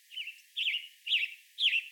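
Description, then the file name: Western tanager calls: four short, burry notes spaced about half a second apart. "Piranga ludoviciana vocalizations"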